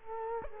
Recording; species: mosquito wingbeat signal from an infrared sensor; Culex quinquefasciatus